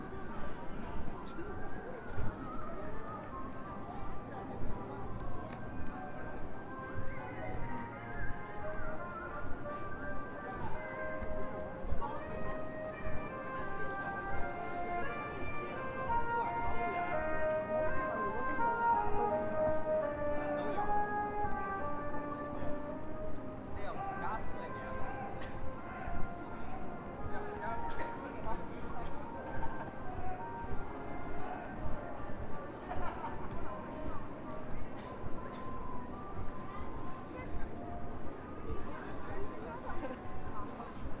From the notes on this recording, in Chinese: 沈阳，中街